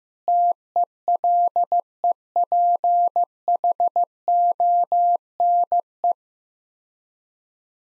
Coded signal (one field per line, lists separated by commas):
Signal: Morse code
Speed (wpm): 15 wpm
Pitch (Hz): 700 Hz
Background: none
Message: TELEPHONE